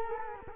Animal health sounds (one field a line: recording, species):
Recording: mosquito wingbeat signal from an infrared sensor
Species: Culex quinquefasciatus